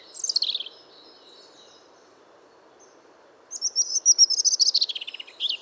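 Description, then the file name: European robin gives a brief high falling phrase, pauses for about three seconds, then delivers a fast, twittering run of repeated high notes. "Erithacus rubecula"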